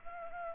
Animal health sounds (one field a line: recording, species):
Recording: mosquito wingbeat signal from an infrared sensor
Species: Culex pipiens